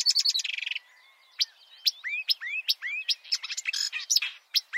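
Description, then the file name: Marsh warbler song: a fast chattering trill, a brief pause, then separated upward-sweeping whistles mixed with sharp high ticks and buzzy notes. Chirping song. "suara kicauan burung marsh warbler. omkicau"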